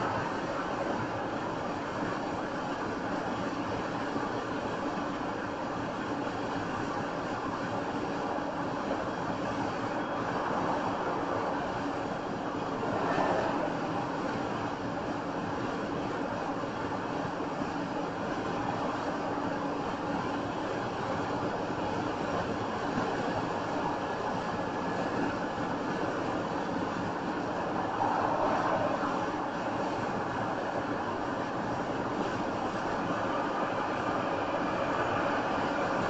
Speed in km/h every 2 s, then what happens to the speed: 109, 108, 108, 108, 108, 108, 108, 108, 108, 109, 109, 111, 111, 111, 113, 111, 111, 109.
0-36 steady at about 109.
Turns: none.